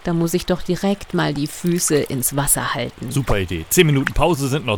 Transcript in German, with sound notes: Da muss ich doch direkt mal die Füße ins Wasser halten.
[lacht] Gute Idee! Zehn Minuten Pause sind noch drin,